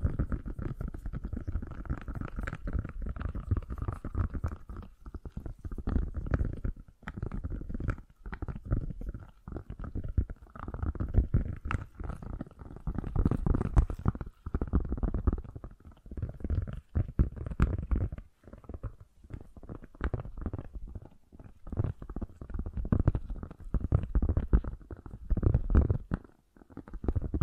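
Fast, gentle tapping runs almost without a break for the whole clip, dense, quick and slightly uneven, with a soft, low, rumbling body. A faint steady tone hums underneath throughout, and brief near-silent gaps appear around 7, 18 and 26 seconds.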